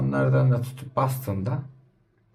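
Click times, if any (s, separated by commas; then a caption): none. Someone talks while handling a blender motor, pressing its rear tabs toward the housing. Only the voice is heard, fading out at the end, and nothing has seated or clicked yet.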